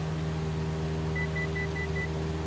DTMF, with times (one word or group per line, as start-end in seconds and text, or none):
none